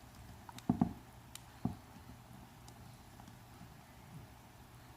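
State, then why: Not seated. A good micro USB cable plug is handled at a smartphone's charging port, with its little locking prongs not yet pushed in. A few short, soft taps come at about 0.6 to 0.8 seconds and again at 1.4 and 1.7 seconds over a low steady hum. Nothing has seated or clicked yet.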